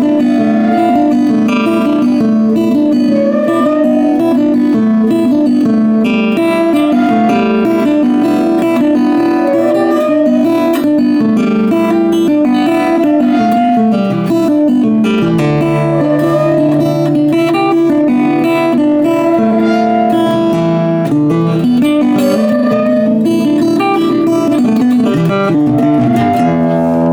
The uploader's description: Guitar improv with ambient desert sounds. Making bell sounds by letting strings ring.